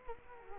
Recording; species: mosquito wingbeat signal from an infrared sensor; Culex quinquefasciatus